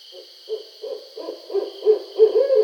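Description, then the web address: Barred owl calling, a quick run of low hoots growing louder. Recorded 20 July 2012. "Barred Owl 2012 07 20 Barred Owl"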